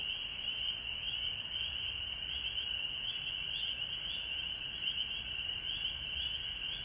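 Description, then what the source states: Chorusing frogs produce a steady, high, vibrating trill with no breaks, over a quiet background of soft hiss. Several frogs recorded at home in Georgia on March 19, 2020.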